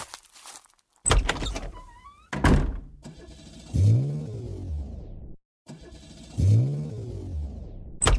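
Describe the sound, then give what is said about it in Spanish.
A couple of loud thunks, then a car engine cranks and sputters in two strained attempts as the car breaks down again, rising and faltering before cutting out, with a brief silence between tries. “Se descompuso otra vez el coche.”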